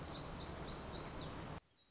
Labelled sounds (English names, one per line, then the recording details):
Black-throated Gray Warbler
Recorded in Sonoma County, California